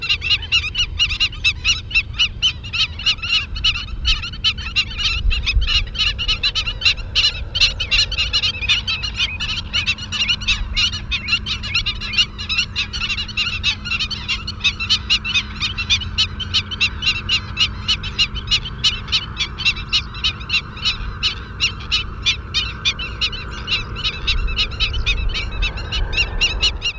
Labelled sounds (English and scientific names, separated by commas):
Black-winged Stilt (Himantopus himantopus) call